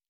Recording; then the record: hydrophone in a shrimp aquaculture tank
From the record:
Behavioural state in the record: normal